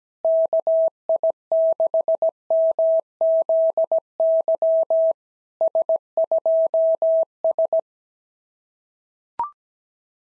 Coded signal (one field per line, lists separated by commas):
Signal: Morse code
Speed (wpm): 15 wpm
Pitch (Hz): 650 Hz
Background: none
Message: KI6MZY S2S